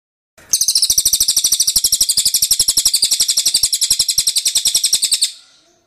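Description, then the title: Bird song, a sustained, rapid rattling trill of high chattering notes for about five seconds, starting abruptly and ending cleanly. Masteran training recording. "Masteran Burung"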